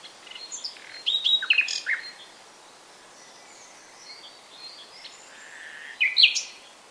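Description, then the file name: Common nightingale giving short phrases of sharp chirps and whistles, with a quiet stretch between bursts and soft background hiss. "Luscinia megarhynchos"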